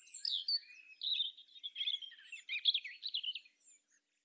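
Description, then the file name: European robin song, a run of thin, high, rapidly varied warbling notes and trills lasting about three and a half seconds, then stopping. "Erithacus rubecula"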